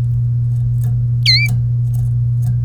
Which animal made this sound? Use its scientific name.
Serinus canaria